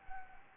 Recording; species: mosquito wingbeat signal from an infrared sensor; Anopheles gambiae